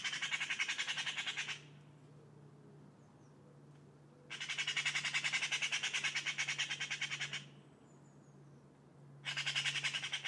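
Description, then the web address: Bird calling in long harsh rattles of rapid buzzy pulses, three bursts separated by pauses of a few seconds, with a steady low hum underneath. "cianscape birddata Deverinetal 2025"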